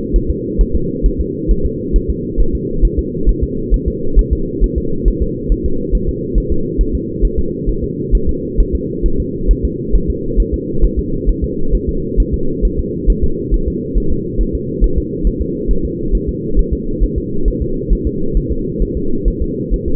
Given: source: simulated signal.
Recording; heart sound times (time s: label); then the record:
fetal heart sounds
0.16 s: S1
0.30 s: S2
0.61 s: S1
0.75 s: S2
1.06 s: S1
1.20 s: S2
1.51 s: S1
1.66 s: S2
1.96 s: S1
2.10 s: S2
2.40 s: S1
2.55 s: S2
2.85 s: S1
2.99 s: S2
3.29 s: S1
3.44 s: S2
3.74 s: S1
3.88 s: S2
4.19 s: S1
4.33 s: S2
4.64 s: S1
4.78 s: S2
5.08 s: S1
5.23 s: S2
5.52 s: S1
5.66 s: S2
5.95 s: S1
6.09 s: S2
6.38 s: S1
6.52 s: S2
6.81 s: S1
6.95 s: S2
7.25 s: S1
7.39 s: S2
7.69 s: S1
7.84 s: S2
8.15 s: S1
8.29 s: S2
8.60 s: S1
8.75 s: S2
9.06 s: S1
9.20 s: S2
9.51 s: S1
9.65 s: S2
9.95 s: S1
10.10 s: S2
10.40 s: S1
10.54 s: S2
10.84 s: S1
10.99 s: S2
11.29 s: S1
11.44 s: S2
11.75 s: S1
11.89 s: S2
12.20 s: S1
12.34 s: S2
12.65 s: S1
12.79 s: S2
13.10 s: S1
13.24 s: S2
13.54 s: S1
13.68 s: S2
13.98 s: S1
14.12 s: S2
14.41 s: S1
14.55 s: S2
14.84 s: S1
14.98 s: S2
15.27 s: S1
15.42 s: S2
15.71 s: S1
15.85 s: S2
16.15 s: S1
16.29 s: S2
16.59 s: S1
16.73 s: S2
17.03 s: S1
17.18 s: S2
17.48 s: S1
17.62 s: S2
17.93 s: S1
18.07 s: S2
18.37 s: S1
18.52 s: S2
18.82 s: S1
18.97 s: S2
19.28 s: S1
19.42 s: S2
19.74 s: S1
19.88 s: S2
From the record:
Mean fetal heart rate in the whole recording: 135 bpm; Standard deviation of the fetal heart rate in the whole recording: 3 bpm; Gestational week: 36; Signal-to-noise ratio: -8.1 dB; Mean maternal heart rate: 72 bpm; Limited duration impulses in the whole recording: absent